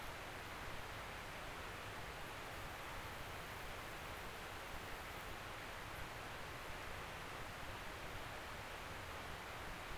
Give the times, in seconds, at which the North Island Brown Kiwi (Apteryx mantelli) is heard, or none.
none